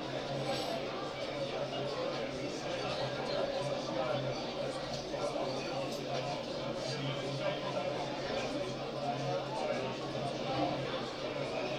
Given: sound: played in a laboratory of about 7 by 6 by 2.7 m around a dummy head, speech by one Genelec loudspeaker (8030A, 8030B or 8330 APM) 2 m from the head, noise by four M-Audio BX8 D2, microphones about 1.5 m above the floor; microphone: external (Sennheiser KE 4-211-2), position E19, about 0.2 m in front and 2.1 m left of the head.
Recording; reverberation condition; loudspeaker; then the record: cafeteria noise; low; four, about 170 cm from the corners of the room and facing them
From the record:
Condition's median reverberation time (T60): about 310 ms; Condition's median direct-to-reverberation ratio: about 3.5 dB